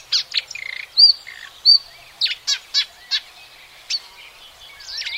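Marsh warbler song: a varied run of sharp high chips, buzzy trills and clear whistled slurs, delivered in quick irregular bursts.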